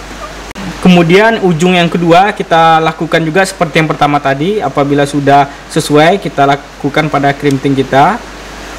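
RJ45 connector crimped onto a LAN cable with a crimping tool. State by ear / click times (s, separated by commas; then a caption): not seated / none. An RJ45 plastic connector on a LAN network cable is being handled with a crimping tool, which clicks when fully pressed. Someone talks throughout, with a brief sharp sound at 0.5 s. Nothing has seated or clicked yet.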